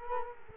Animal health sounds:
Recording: mosquito wingbeat signal from an infrared sensor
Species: Culex quinquefasciatus

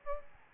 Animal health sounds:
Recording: mosquito wingbeat signal from an infrared sensor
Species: Aedes albopictus

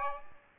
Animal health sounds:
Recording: mosquito wingbeat signal from an infrared sensor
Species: Aedes aegypti

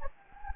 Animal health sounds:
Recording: mosquito wingbeat signal from an infrared sensor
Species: Anopheles gambiae

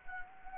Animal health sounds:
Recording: mosquito wingbeat signal from an infrared sensor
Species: Anopheles gambiae

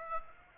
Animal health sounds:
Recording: mosquito wingbeat signal from an infrared sensor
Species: Aedes aegypti

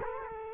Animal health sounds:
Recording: mosquito wingbeat signal from an infrared sensor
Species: Culex quinquefasciatus

